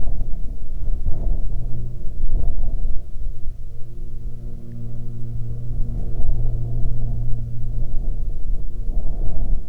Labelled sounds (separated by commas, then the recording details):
songbird, wind, aircraft
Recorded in the Arctic National Wildlife Refuge, Alaska, on 27 July 2019 at 17:27
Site 40